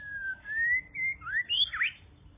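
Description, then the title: Bird whistle: a long gliding whistle that rises in steps, then a quick rising sweep and a buzzy final note. "kikicau"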